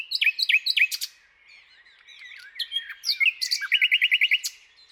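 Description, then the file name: Common nightingale song with a few looping whistled notes, a short pause of faint twittering, then varied phrases ending in a quick run of repeated notes. "Luscinia megarhynchos"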